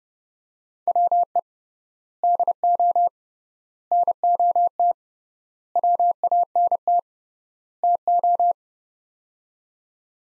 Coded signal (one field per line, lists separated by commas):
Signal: Morse code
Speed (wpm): 30 wpm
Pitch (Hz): 700 Hz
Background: none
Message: WE DO NOT WANT TO